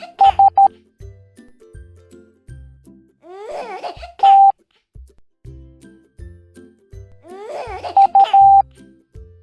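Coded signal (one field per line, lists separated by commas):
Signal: Morse code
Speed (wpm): 13 wpm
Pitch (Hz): 790 Hz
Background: music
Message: S T U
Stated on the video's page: Morse code alphabet lesson in a children's cartoon.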